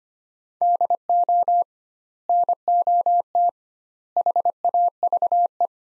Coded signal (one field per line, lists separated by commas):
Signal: Morse code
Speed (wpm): 25 wpm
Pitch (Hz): 700 Hz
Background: none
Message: DO NOT HAVE